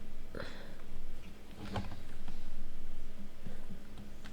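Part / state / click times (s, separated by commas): plastic building brick piece into the model structure / not seated / none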